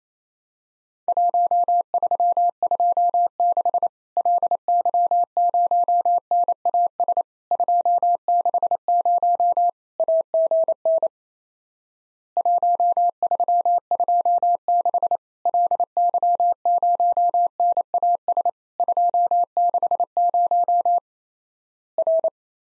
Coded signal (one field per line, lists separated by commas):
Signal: Morse code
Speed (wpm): 28 wpm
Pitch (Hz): 700 Hz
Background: none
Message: 1326 LY0NAS 260 AGN 1326 LY0NAS 260 R